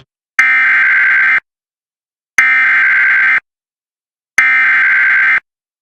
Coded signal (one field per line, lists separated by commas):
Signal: Emergency Alert System (SAME) tones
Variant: header bursts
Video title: US Emergency Alert Systems 2026 (part 6)